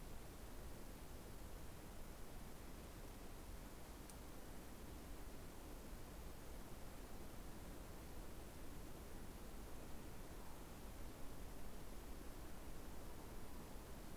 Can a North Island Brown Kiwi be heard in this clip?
no